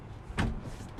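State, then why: Not seated. The backrest of a foldaway bench seat in a Rossmönster Vans conversion of an AWD high-roof Ford Transit 148" Extended is raised upright. A dull broadband thump rises sharply at about 0.4 s, then fades into a low rumble. The backrest has not locked or clicked into place yet.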